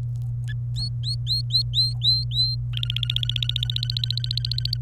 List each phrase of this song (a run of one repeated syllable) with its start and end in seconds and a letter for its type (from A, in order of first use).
0.76-2.55 A, 2.73-4.77 B